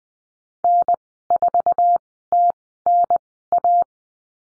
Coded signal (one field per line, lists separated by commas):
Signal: Morse code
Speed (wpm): 20 wpm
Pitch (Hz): 700 Hz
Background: none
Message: N4TNA